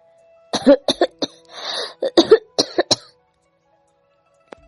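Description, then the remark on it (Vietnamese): A burst of harsh, raspy coughs, about eight sharp hacks with a rough, breathy wheeze in the middle, fading into silence with one faint click near the end. “Bên tai liên tục truyền đến tiếng ho khàn thống khổ của người kia.”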